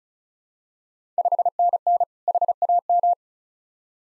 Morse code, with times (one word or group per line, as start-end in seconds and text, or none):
1.2-2.0 5NN
2.3-3.1 HAM